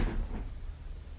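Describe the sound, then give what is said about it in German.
A door is pulled shut from a hallway: a quick scrape and a solid thud, with a second softer knock just after, then a low, dull hum trailing off. “Ich ging wieder auf den Gang hinaus und zog die Tür hinter mir zu.”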